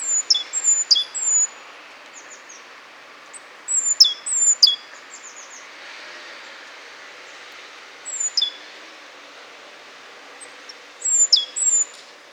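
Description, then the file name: Great tit calling in repeated phrases of high, thin, downslurred notes with sharp flicks, groups roughly every three to four seconds against a low hiss. "Parus major"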